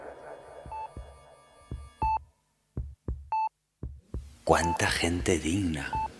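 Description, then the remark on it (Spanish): A slow, steady heartbeat thumps in low, muffled pairs, joined by short high electronic beeps. Partway through, a voice starts talking over the continuing pulse. “Solo me queda relajarme, meditar, sostener el pulso de mi latido.”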